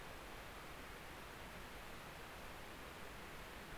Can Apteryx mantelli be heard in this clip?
no